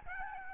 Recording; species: mosquito wingbeat signal from an infrared sensor; Aedes albopictus